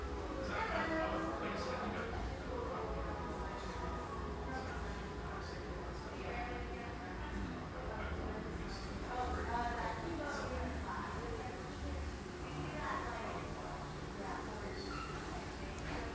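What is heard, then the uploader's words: A bubbly surf-shack-meets-espresso-bar scene, filled with overlapping voices talking at once in a steady, dense murmur. Brighter clatters and clinks break through every few seconds, over a constant low rumble. The level stays even throughout the sixteen seconds. Bubbly surf-shack-meets-espresso-bar in one of sunny Marin's best towns.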